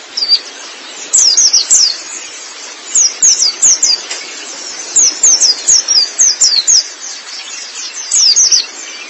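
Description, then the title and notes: White-eye song: short bursts of very high, thin, quickly falling chirps, delivered in clusters separated by brief pauses. Long-duration recording of chirping song (kicauan). "Suara kicauan burung pleci"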